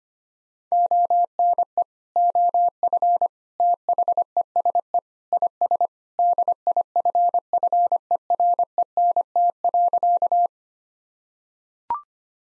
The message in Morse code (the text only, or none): ONE OF THESE IS DIFFERENT.